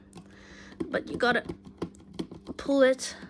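A plastic mechanism part in an i-Play Baby Dolly by Verimark is handled and pulled, with several short, sharp knocks and taps around 0.8, 1.8 and 2.2 seconds while someone talks. The part has not clicked into place yet.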